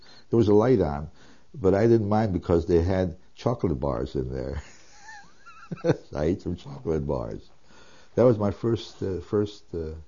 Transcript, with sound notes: There was a light on, but I didn't mind because they had chocolate bars in there. ( he laughs ) I ate some chocolate bars. That was my first, my first